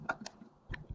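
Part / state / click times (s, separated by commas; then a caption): LED fog light bulb wire connector into mating harness connector / seated / 0.1 s, 0.3 s, 0.7 s. The two halves of a LASFIT 9006 HB4 LED fog light bulb's wire connector are pressed together with both hands into the mating harness connector on a 100 Series Land Cruiser, with the plus side going to the side with the white wire. Sharp clicks are heard at 0.1 s, 0.3 s and 0.7 s, and the connector is seated.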